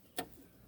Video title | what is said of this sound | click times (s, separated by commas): Sebring Convertible - How to Remove and Reinstall the Rubber Fill Plug in the Convertible Top Pump | and push down and it'll snap right into place | 0.2 s